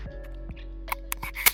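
A third plastic credit card is pushed into an aluminium wallet frame while cards are being counted. Faint taps and scrapes build up to a sharp, bright click at 1.1 s as the card snaps into the frame, followed by a few softer knocks. The card is seated.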